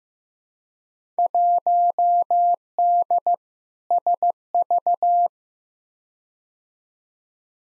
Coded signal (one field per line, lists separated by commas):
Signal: Morse code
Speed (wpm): 15 wpm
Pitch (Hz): 700 Hz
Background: none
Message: 1D SV